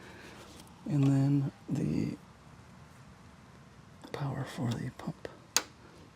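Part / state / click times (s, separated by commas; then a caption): power connector into motorcycle fuel pump / seated / 5.6 s. Someone talks while connecting the power connector into a motorcycle fuel pump. A single loud, sharp click at 5.6 seconds marks the plug seating in place.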